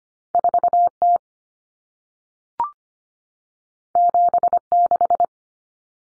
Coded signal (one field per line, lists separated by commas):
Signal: Morse code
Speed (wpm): 25 wpm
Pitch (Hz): 700 Hz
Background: none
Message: 4T 76